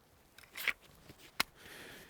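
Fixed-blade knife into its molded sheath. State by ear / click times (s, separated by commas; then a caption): seated / 1.4 s. An ESEE 4 fixed-blade knife is pushed into its molded plastic Kydex-style sheath, with soft rustling and a scraping slide around 0.6 s. At 1.4 s it seats and is retained with a sharp, bright snap.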